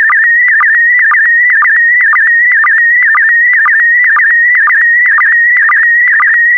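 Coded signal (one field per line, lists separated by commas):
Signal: SSTV (slow-scan television)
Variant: PD120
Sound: warbling whistle-like tone around 2 kHz with rhythmic low blips twice a second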